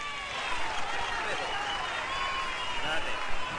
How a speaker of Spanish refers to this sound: Y le voy a pedir a mi grupo que se suba para arriba. ¡Vamos! ¡Un saludo! ¡Un fuerte aplauso para mi grupo!